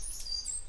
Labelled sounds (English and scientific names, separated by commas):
Stitchbird (Notiomystis cincta) song